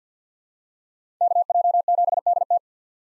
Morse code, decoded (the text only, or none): KJ7DT